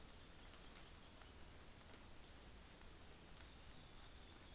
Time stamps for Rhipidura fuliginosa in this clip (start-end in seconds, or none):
none